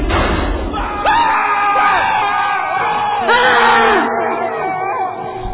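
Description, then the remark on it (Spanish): A group of frightened soldiers, set on fire by a flare gun, scream in agony before all falling into a pit trap; many overlapping voices wail with rising and falling pitch, loud and sustained throughout, with a heavy thump near the start. “los militares asustados y en llamas comenzaron a gesticular con alaridos, hasta que cayeron todos al pozo trampa.”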